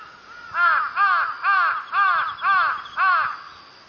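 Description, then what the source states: Crow giving six harsh, nasal caws in steady succession, about two a second, with faint background hiss. Recorded 29 October 2013.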